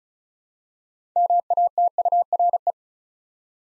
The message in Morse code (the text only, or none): MATURE